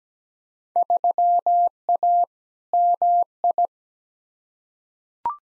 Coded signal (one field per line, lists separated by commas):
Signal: Morse code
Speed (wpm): 17 wpm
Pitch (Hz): 700 Hz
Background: none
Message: 3A MI